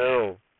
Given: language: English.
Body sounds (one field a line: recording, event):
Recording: throat vibration sensor signal played as sound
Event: speech